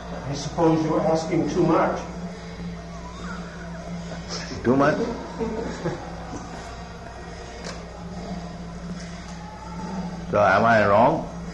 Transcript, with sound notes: I suppose you were asking too much.
[laughs] Too much? So am I wrong?